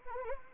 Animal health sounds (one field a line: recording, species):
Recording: mosquito wingbeat signal from an infrared sensor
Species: Anopheles arabiensis